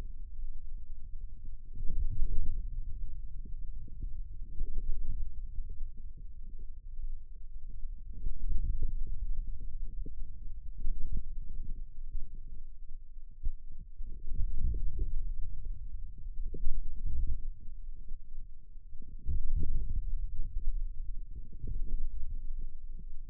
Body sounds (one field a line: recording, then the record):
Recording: forearm muscle sounds (acoustic myography)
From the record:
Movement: radial deviation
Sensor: system 2, bracelet of six BSWA MPA416 microphones around the upper forearm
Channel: 6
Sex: male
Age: 22 years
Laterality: right